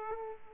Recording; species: mosquito wingbeat signal from an infrared sensor; Aedes aegypti